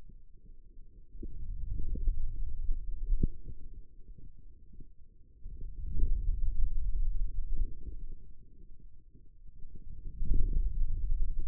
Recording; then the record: forearm muscle sounds (acoustic myography)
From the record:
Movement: hand closing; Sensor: system 2, bracelet of six BSWA MPA416 microphones around the upper forearm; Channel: 4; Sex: male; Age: 22 years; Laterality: right